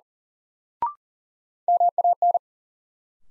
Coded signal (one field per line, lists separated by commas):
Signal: Morse code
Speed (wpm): 38 wpm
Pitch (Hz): 700 Hz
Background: none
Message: MAN